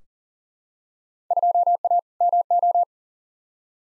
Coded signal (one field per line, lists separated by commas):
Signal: Morse code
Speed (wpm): 40 wpm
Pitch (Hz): 700 Hz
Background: none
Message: 2A MO